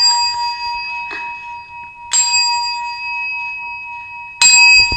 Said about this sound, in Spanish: Baja la bola con el carrillón. Que hace clink, clink, clink, clink, clink, clink, clink. Everybody. Clink, clink, clink, clink, clink, clink. Luego los cuartos. ¡Ding dong! ¡Ding dong! ¡Ding dong! Y luego las campanadas.